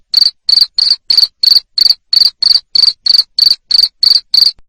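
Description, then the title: Cricket producing loud shrill chirps, each a rapid pulse burst, repeated about three times a second in a steady series. Loud cricket chirping used to stimulate lovebirds into continuous singing (ngekek). "Suara JANGKRIK NGERIK Keras Bikin LOVEBIRD Jadi NGEKEK Terus"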